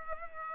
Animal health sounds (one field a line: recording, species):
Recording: mosquito wingbeat signal from an infrared sensor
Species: Culex pipiens